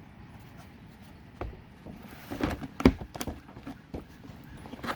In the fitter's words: that's heard it snap so it it